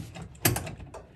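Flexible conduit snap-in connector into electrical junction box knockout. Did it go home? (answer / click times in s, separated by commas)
yes / 0.5 s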